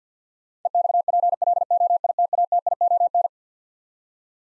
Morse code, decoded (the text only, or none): EXPLOITATION